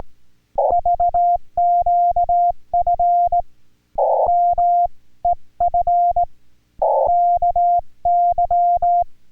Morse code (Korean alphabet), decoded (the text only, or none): 랜 만 에